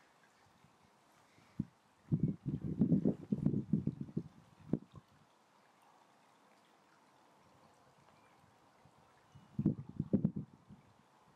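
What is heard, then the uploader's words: Fishing on an English chalk stream: low knocking and rustling bursts around two to five seconds and again near ten, over a quiet steady hush. A day out fishing with my new Tenkara Rod on a English Chalk Stream.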